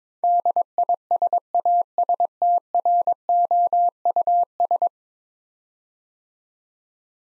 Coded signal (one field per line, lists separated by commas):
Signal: Morse code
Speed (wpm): 22 wpm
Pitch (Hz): 700 Hz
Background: none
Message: DISASTROUS